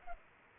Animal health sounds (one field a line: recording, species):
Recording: mosquito wingbeat signal from an infrared sensor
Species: Culex pipiens